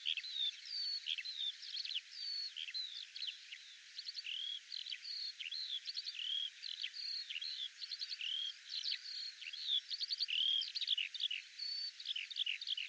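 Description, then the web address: Bird song, a continuous jumble of high chirps, clicks and looping whistles, slightly irregular in rhythm, with soft background hiss. "birddata Deverinetal 2025 Bird"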